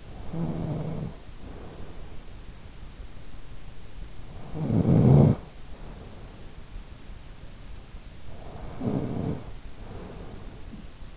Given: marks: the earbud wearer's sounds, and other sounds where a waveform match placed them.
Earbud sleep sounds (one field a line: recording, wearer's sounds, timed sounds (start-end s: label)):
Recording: sounds in sleep by an in-ear microphone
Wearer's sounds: snoring breath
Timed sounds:
0.00-2.56 s: snoring breath
4.29-6.70 s: snoring breath
8.23-11.17 s: snoring breath